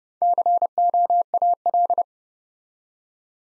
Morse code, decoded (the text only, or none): COAL